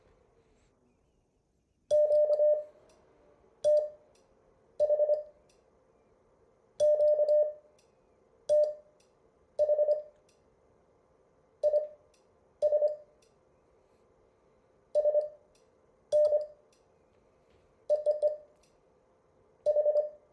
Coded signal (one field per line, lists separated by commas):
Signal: Morse code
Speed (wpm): 25 wpm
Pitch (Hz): 600 Hz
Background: none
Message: QTH QTH IS SN EEE H